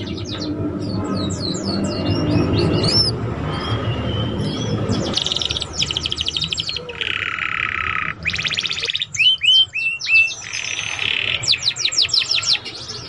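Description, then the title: Canary song with rapid chirps, buzzy trills and downslurred whistles in bursts, over a low background rumble. Belgian canary song to warm up and stimulate young canaries to sing quickly and twitter. "Canto Para Esquentar Canário Belga. SUARA KENARI PAUD CUIT CUIT BELAJAR BUNYI - pancingan kenari paud muda agar cepat bunyi dan ngeriwik"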